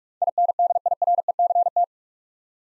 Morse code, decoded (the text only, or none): INDIRECT